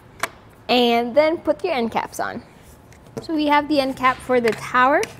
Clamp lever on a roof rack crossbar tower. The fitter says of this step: once all four towers are tightened down you're then just going to pop this letter back down